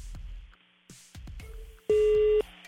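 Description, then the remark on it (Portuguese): A few dull clicks and knocks, like a handset being jiggled, then a single loud, steady low-pitched telephone tone sounds for about half a second. No one speaks. “Pifou o telefone!”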